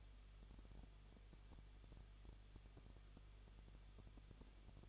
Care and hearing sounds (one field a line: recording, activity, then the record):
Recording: daily activity, microphone in the room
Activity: no activity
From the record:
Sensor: 4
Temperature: 23.0 degrees Celsius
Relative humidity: 34.2%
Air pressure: 1007.3 hPa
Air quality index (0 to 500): 214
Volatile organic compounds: 14 ppm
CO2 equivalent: 2460 ppm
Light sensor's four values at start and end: 2/3/1/1 and 2/3/1/1